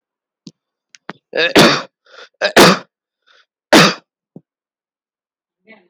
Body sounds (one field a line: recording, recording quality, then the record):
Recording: heavy voluntary cough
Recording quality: excellent, no background noise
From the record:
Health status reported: healthy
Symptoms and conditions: none ticked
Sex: male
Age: 36 years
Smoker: not ticked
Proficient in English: yes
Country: India